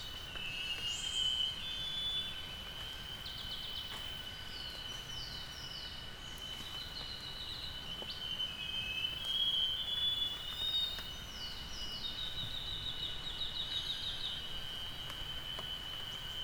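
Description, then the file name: Scaly-crowned babbler giving bursts of clear, quickly descending whistled notes in short runs, over a steady high drone. Recorded at Kubah National Park, Sarawak, Borneo, on 4 April 2019. "Scaly-crowned-Babbler-at-Kubah-NP-Sarawak-Borneo-4 th-April-2019"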